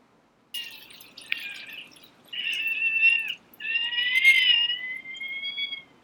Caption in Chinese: 這是一種被稱為「貓哭症」的嬰兒哭聲。法語的意思是：哭泣的貓。 這是一種罕見疾病，由於喉嚨部位發育異常，影響孩子的哭聲，大約到兩歲就會比較正常了。